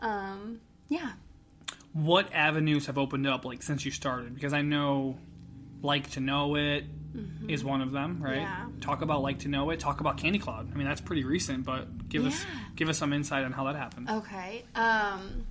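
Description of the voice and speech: An adult asks interview questions in a relaxed, fluent conversational voice with clear articulation and natural rising and falling pitch. Casual fillers like "um" and "like" and one repeated "give us" are ordinary everyday disfluencies. This is typical speech with no sign of a voice or speech disorder.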